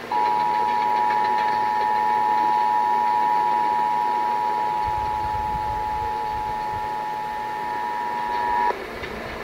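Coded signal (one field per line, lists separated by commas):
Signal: Emergency Alert System (SAME) tones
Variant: 853 and 960 Hz attention tone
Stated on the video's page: Required Monthly Test captured off the air from an AM broadcast transmitter.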